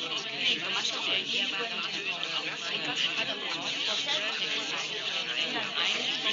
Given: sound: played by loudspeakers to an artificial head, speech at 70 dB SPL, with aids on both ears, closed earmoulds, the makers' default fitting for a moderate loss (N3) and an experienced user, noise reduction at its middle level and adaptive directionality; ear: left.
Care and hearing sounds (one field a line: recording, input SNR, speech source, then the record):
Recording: speech test signal (ISTS) in cocktail-party noise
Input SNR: -6 dB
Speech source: in front (0 degrees)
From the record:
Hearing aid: class 1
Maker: G